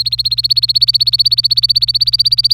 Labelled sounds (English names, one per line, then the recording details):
Domestic Canary song
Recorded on 25 April 2018 at 14:16
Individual llb3